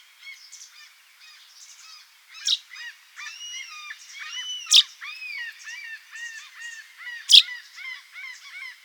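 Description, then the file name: Common chaffinch among many birds giving short, repeated chirps and downward-slurred notes, broken by three loud sharp clicks. "Fringilla coelebs"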